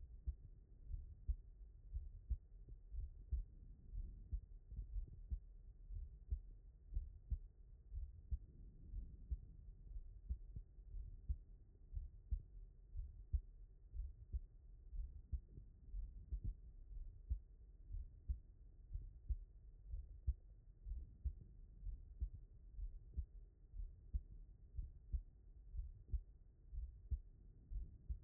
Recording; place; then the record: heart sounds by stethoscope; tricuspid valve (TV)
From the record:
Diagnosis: non-HFrEF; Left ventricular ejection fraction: 59%